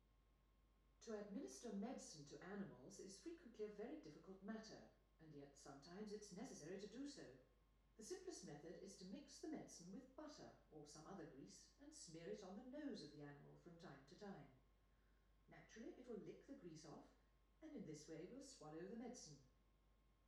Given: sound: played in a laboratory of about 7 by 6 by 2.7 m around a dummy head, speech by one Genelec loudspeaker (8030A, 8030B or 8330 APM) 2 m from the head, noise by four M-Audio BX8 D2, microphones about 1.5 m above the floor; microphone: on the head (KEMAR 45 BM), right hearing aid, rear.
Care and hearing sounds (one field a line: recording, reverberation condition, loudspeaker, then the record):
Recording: female speech in English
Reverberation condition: medium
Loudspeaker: 60 degrees to the left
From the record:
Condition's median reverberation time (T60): about 510 ms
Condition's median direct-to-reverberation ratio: about -0.5 dB